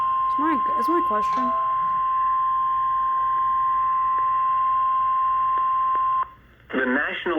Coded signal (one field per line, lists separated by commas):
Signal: Emergency Alert System (SAME) tones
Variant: 1050 Hz attention tone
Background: speech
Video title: Severe Thunderstorm Warning (EAS #73)